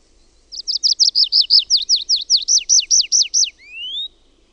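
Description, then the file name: Tree pipit song: a steady run of high, clear downslurred notes repeated quickly, closing with a thin rising whistle. "METSAKIRVINEN"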